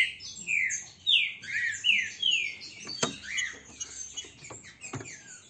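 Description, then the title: Green-winged saltator song: a run of loud, descending whistled slurs in the first two and a half seconds, then softer notes with a few sharp clicks. Strong, loud song. "Canto De Trinca Ferro. ESSE CANTA FORTE, Trinca ferro PEITO DE AÇO"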